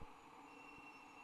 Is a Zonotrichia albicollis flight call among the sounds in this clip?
no